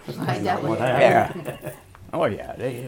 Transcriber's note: they laugh